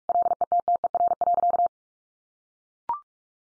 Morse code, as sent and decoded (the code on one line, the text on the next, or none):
.-.. . - - . .-. .-.-.-
LETTER.